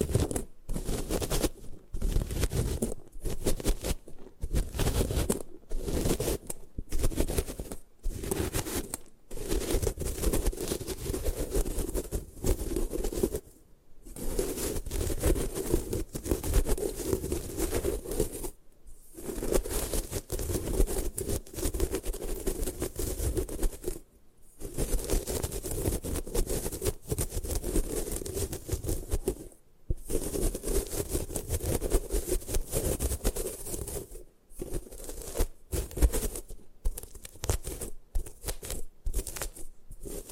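Gym chalk being crushed and broken apart, a dense, gritty crunching and scraping that runs in long stretches. Short pauses break it up every second or so, with clear silent gaps near 14, 19, 24, 30 and 34 seconds before the grinding starts again.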